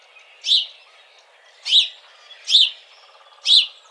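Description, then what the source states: House sparrow giving four single harsh chirps, spaced roughly one second apart, each sharp and bright against a quiet background. Recorded 17 March 2007.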